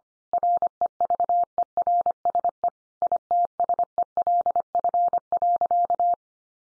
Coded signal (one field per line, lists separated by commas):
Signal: Morse code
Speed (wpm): 25 wpm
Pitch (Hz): 700 Hz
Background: none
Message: REVERSE ITSELF.